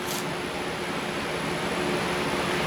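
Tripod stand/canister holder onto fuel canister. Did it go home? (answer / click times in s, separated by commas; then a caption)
no / none. A three-legged tripod pot and canister holder for an Ozark Trail 4-in-1 stove is kept unsnapped while it is fitted onto a gas canister and worked around to find the grooves. Steady broadband hiss with a faint low hum and a thin high tone fills the clip, with a brief high-pitched burst near the start and a slight rise in level toward the end. Nothing has snapped into place yet.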